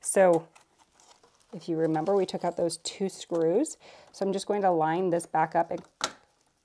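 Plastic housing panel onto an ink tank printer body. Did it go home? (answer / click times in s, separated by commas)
yes / 6.0 s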